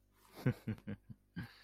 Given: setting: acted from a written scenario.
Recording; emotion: vocal sound without words; contempt